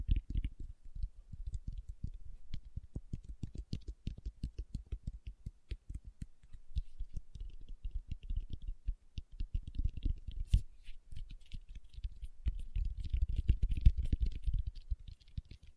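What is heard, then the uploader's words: Fingertips tap in quick, dense, uneven bursts throughout, soft and low-pitched, with faint scratchy clicks above and a sharper tap near ten seconds. ASMR Tapping with Fingertips (No Talking).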